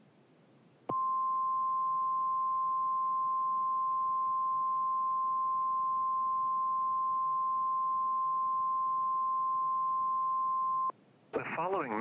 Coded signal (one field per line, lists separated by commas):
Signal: Emergency Alert System (SAME) tones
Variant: 1050 Hz attention tone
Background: speech